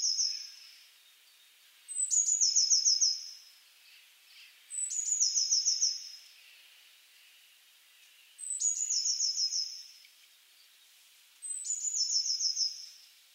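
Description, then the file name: Eurasian blue tit calling: a very high thin note dropping into a fast buzzy, slightly descending trill, each phrase about one second, repeated every three seconds or so. "Cyanistes caeruleus"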